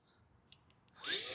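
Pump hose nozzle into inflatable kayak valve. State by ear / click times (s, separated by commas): seated / 0.5 s, 0.9 s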